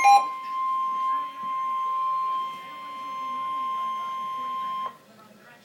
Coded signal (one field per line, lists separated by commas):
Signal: Emergency Alert System (SAME) tones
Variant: 1050 Hz attention tone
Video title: EAS #237- Severe Thunderstorm Warning